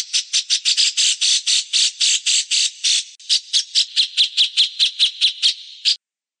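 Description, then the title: Grey-cheeked bulbul giving a rapid run of many harsh, buzzy chattering notes. "cucak jenggot"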